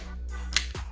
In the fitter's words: over that's very solid light and then you push through very nice click and holds it very firmly in place and